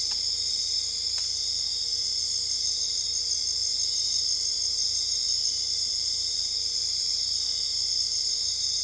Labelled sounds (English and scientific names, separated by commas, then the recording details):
none
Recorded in dense forest near Puerto Asís, Putumayo, Colombia, on 26 December 2024 at 01:00
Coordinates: 0.485, -76.318
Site GP03